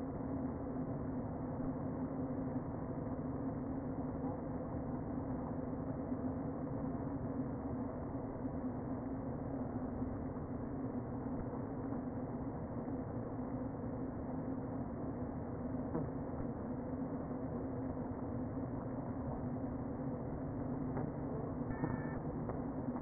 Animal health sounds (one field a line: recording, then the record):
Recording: honeybee colony, microphone inside the hive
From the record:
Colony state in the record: queen present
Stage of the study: before two queens were removed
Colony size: about 60,000 bees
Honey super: yes